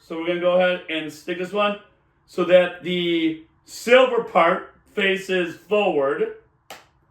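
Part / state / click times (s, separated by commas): missile pod onto toy helicopter wing / seated / 6.7 s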